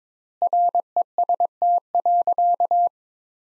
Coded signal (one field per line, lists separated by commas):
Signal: Morse code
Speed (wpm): 21 wpm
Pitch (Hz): 700 Hz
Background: none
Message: REST.